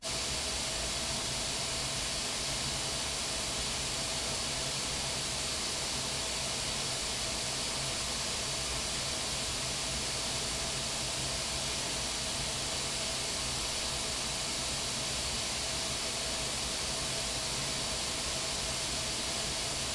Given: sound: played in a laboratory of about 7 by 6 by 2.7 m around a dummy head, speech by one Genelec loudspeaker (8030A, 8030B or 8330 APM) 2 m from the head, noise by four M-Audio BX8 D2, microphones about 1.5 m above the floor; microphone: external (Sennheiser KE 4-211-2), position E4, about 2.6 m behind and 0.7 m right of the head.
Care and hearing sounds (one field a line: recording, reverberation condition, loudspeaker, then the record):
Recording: white noise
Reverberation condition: low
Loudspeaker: four, about 170 cm from the corners of the room and facing them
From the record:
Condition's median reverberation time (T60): about 310 ms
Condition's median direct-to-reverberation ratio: about 3.5 dB